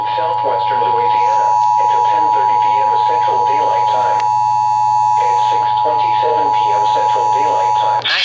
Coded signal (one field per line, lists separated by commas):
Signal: Emergency Alert System (SAME) tones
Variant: 853 and 960 Hz attention tone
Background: speech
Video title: Flash Flood Warning (EAS #139)